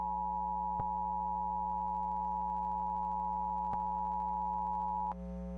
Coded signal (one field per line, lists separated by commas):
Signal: Emergency Alert System (SAME) tones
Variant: 853 and 960 Hz attention tone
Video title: Tests and warnings... (EAS Capture #65-75)